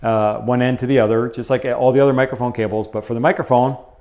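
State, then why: Not seated. An XLR microphone cable's connector is being handled near the microphone's connector while someone talks throughout. Nothing has seated or clicked yet by the end of the clip.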